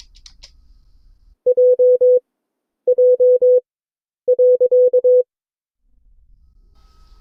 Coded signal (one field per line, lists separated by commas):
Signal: Morse code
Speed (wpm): 22 wpm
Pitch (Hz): 500 Hz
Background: none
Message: J J .